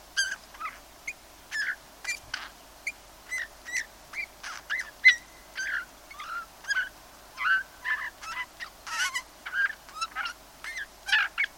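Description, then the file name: Eurasian bullfinch calling with a run of short squeaky and whistled notes, some downslurred, given in irregular bursts with brief gaps between them. "Pyrrhula pyrrhula"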